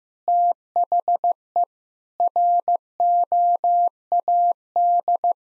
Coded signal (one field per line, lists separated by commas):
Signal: Morse code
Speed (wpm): 15 wpm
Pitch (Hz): 700 Hz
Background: none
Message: THE ROAD